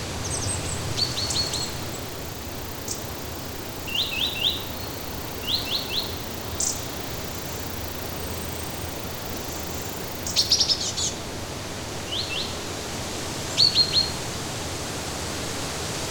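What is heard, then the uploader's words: Rainforest ambience with a steady hiss of background noise throughout. Short high bird chirps and trills come in small clusters every second or two, with brighter bursts near ten and fourteen seconds. The Comforting Sounds of the Rainforest.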